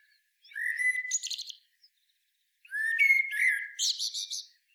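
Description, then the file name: Common blackbird producing two song phrases, each a low mellow whistle leading into a hissy, jangling high chatter. "Turdus merula"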